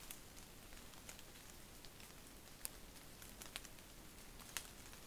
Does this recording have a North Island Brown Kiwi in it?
no